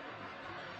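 A second RAM module is handled and lined up with its motherboard memory slot, with only a steady broadband hiss and faint handling noise throughout. The module has not yet seated or clicked into place.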